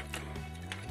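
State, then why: Not seated. A plastic peg is pressed toward its socket in the chest/abdomen area of a Black Mamba BMB LS-10S Storm Pioneer Desert transforming-robot toy. Two short plastic taps are heard at about 0.1 s and 0.7 s over a steady low hum. The peg does not snap in, and nothing has seated or clicked yet.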